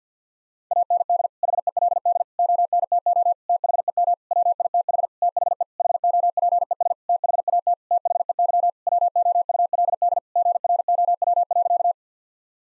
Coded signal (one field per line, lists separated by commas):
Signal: Morse code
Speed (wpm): 50 wpm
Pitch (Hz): 700 Hz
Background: none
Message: AND HELD ONTO THEM WITH THE HOPES THAT THEY WOULD GROW.